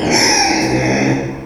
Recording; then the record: squeal of a Yucatan mini pig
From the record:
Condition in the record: before surgery on the right vocal fold (resection and tissue-engineered implant); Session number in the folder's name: 1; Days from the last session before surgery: -3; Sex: male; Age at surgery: 12 weeks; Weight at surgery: 13 kg